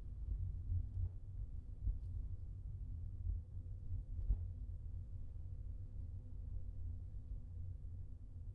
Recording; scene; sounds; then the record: everyday scene through a hearing-aid microphone; in a vehicle; engine, highway traffic jam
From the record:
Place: Skoda Fabia, gasoline engine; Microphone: in the ear canal, left